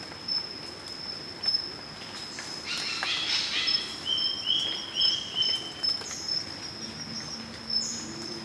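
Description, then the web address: Spangled drongo giving a rasping burst, then a few flat metallic notes, with a constant shrill insect hum behind. "sound Spangled-drongo. صدای-پرنده-بوجانگای-پولکی"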